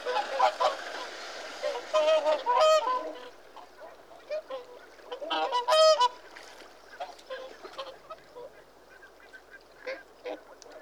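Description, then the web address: Whooper swans honking and trumpeting, a few loud ringing bugle notes standing out over a softer background of overlapping flock calls. "The BBC Sound Effects Library. Whooper Swan (Cygnus Cygnus)"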